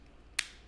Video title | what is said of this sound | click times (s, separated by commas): DW10 Training (vivint) | first snap into place once you've done that then the tamper alert should clear from the panel | 0.4 s